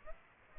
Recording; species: mosquito wingbeat signal from an infrared sensor; Aedes aegypti